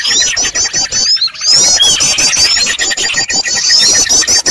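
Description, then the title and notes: Birds calling in a dense, noisy chorus: high chattering chirps and twittering trills overlap continuously, with brief sharp clicks and a short lull near the second mark. Noisy bird chorus used as a lure to attract birds. "Master Burung Ribut. Burung Ribut Pikat"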